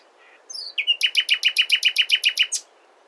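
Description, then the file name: Common nightingale song: a few introductory notes, then a fast, even series of many repeated notes, ending abruptly. "Luscinia megarhynchos"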